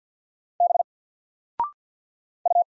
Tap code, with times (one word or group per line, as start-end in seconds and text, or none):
none